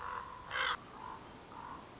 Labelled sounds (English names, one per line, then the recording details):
Common Raven
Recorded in Sonoma County, California